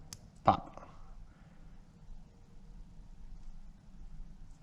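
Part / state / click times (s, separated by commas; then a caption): electric motor into slot car chassis hanger / seated / 0.5 s. An electric motor is rolled gently into a slot car chassis hanger, taking care not to bend the shoes or the hanger. A sharp click at 0.5 s marks the motor seating in the hanger, with faint ticks around 0.1 s and 0.8 s and a quiet low background hum throughout.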